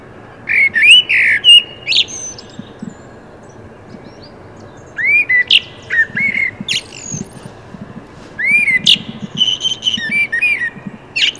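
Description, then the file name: Common blackbird singing: fluted low-pitched warbles each finishing in thin high chatter, delivered in separate bursts with pauses between. "Turdus merula"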